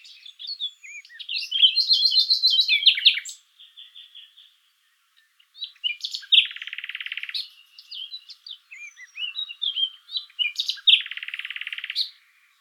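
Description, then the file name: Common nightingale song: varied phrases of sharp chirps and whistles, with two long bursts of fast, rattling trill separated by short pauses. "Luscinia megarhynchos"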